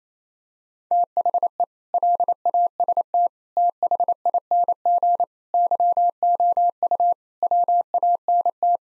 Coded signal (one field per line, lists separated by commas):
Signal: Morse code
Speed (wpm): 28 wpm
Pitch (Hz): 700 Hz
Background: none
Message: THE LAST THING YOU WANT